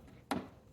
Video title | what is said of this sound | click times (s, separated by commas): 2006-2015 Audi Q7 Ambient Air Temperature Sensor Replacement Guide - Restore Accurate Temperature | and pull until it locks into place, just like that. | 0.3 s